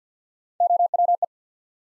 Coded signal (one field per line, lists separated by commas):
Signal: Morse code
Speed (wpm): 50 wpm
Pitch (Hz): 700 Hz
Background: none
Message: O W E